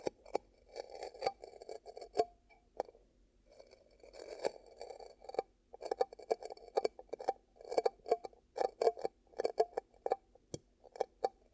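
Hands cup and rub over the microphone in ASMR ear-cupping triggers, making muffled, hollow rustling bursts that come in quick irregular clusters. Sharp clicks and small taps cut through throughout, with brief quiet gaps near two and five seconds.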